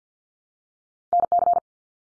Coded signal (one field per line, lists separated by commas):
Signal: Morse code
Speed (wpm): 50 wpm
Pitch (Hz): 700 Hz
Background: none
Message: NC